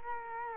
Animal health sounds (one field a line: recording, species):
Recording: mosquito wingbeat signal from an infrared sensor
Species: Culex quinquefasciatus